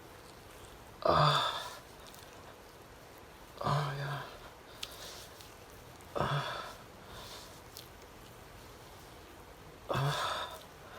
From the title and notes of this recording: Male moaning | heavy breathing asmr.